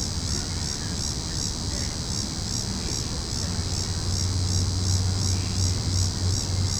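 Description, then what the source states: Cicadas hold a bright, pulsing buzz that beats roughly three times a second, above a low hum and rumble. Cicadas calling in a tree.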